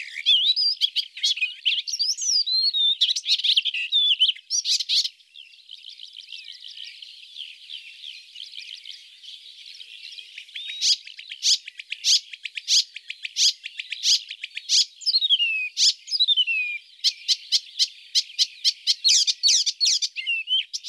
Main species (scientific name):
Hippolais icterina